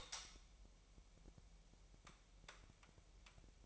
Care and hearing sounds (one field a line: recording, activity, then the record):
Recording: daily activity, microphone in the room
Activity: light on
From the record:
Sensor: 1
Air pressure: 1002.0 hPa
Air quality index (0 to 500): 248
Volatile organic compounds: 51 ppm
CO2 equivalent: 3315 ppm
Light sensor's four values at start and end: 5/11/4/5 and 14/46/18/19